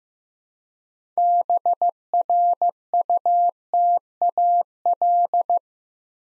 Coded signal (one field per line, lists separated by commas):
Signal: Morse code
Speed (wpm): 15 wpm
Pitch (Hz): 700 Hz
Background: none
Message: BRUTAL